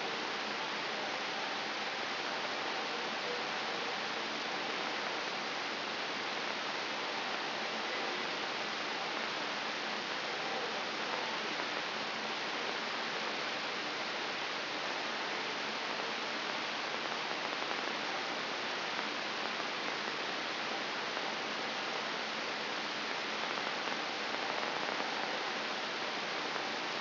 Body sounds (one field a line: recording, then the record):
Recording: brain microelectrode recording played as sound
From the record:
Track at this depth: outside the subthalamic nucleus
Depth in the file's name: 7.528 mm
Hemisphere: right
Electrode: 3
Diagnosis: Parkinson's disease